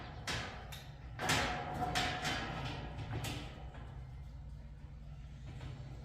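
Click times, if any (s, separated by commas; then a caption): none. A steel shelf beam is lined up with the slots on a steel upright of a boltless rack, ready to be driven home, and nothing has seated or clicked yet. Broadband metal knocks and scrapes rise over a low steady hum, loudest around 1.3 to 2.2 seconds, and someone talks.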